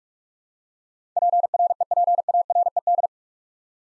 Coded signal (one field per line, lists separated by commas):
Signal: Morse code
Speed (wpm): 46 wpm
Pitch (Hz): 700 Hz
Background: none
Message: PREPARED